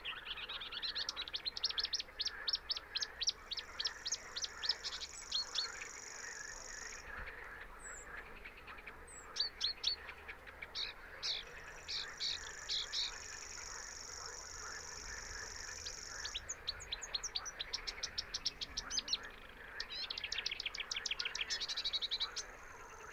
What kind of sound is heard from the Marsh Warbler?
song